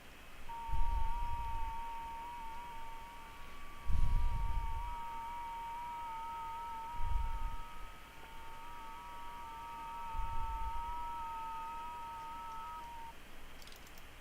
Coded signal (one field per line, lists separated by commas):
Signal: FT8